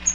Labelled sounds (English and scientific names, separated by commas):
Bay-breasted Warbler (Setophaga castanea) flight call